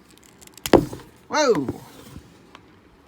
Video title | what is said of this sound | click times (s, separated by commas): Fighting Spirit Green Ranger/Mighty Morphin Putty Review | you can pop the head off whoa | 0.7 s